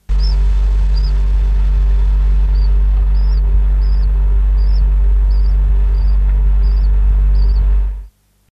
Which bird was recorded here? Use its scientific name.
Melopsittacus undulatus